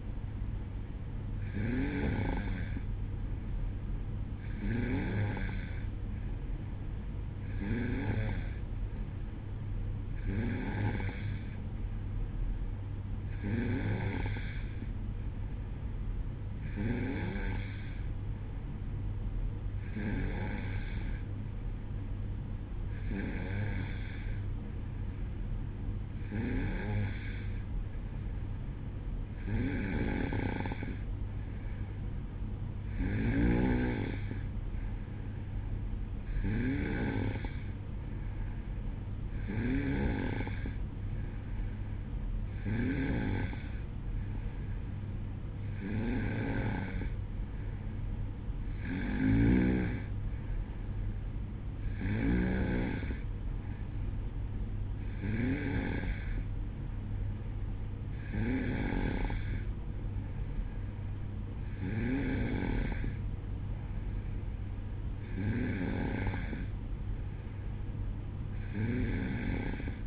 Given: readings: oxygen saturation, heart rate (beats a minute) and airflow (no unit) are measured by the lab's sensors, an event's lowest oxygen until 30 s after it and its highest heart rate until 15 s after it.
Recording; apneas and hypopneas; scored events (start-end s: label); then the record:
breathing in sleep by a smartphone at the bedside; none
none scored
From the record:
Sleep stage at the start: N2 (light sleep); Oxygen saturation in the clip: 92 to 93%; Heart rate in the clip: 62 to 66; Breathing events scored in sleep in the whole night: 305 in 9.6 hours asleep